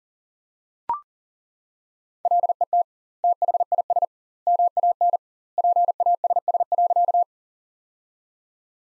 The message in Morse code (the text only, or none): LET THIS MAN PASS.